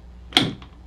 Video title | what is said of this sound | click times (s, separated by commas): Dalbello Raya 8 Womens Ski Boot Review | hear that click, locks it forward, you can't pull the cuff back. | 0.4 s